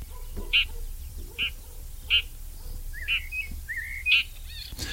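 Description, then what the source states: Red-backed Shrike giving short harsh alarm notes roughly every second, with a couple of brief rising slurred calls near the end. Alarming, giving contact or worry calls; likened to a small raptor living in bushes.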